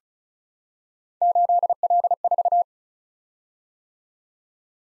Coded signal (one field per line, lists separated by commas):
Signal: Morse code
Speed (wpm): 36 wpm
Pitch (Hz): 700 Hz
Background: none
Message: 8L4